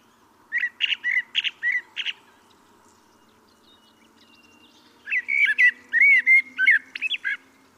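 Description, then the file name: Common blackbird song: a phrase of quick repeated scratchy notes, a quiet pause, then a longer phrase of mellow fluted warbling with high twitters. "Turdus merula"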